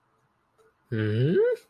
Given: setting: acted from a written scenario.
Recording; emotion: vocal sound without words; confusion